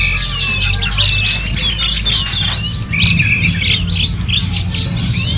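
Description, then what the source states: Birds twittering in a thick chorus of high squeaky notes and looping whistles, with a steady low hum underneath. Chirping birdsong recording made for training and tutoring favourite pet birds.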